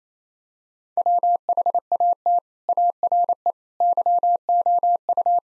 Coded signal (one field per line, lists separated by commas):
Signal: Morse code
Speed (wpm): 27 wpm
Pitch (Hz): 700 Hz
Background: none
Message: WHAT ARE YOU